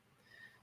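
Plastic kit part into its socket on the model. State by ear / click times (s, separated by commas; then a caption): not seated / none. A plastic part of an MG Narrative Gundam C-Packs Ver.Ka model robot kit is pressed all the way into its joint socket. Only a faint, steady low-level sound is heard, with a thin high tone near the middle and no sharp transient. Nothing has clicked into place; the part is fully in but has not clicked.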